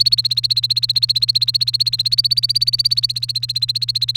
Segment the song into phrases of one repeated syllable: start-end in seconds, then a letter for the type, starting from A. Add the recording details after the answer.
0.00-4.16 A. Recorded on 1 May 2018 at 13:23. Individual llb3